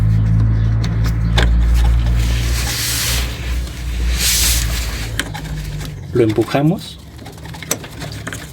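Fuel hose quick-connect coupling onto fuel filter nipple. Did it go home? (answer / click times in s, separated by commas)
yes / 7.7 s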